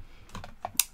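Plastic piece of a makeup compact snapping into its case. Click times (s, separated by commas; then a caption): 0.8 s. A plastic piece of a makeup compact, worked right after using a highlighter, pops in and snaps into its case. A few faint clicks and taps lead up to one sharp, loud click at 0.8 s, and the piece is seated and locked into place.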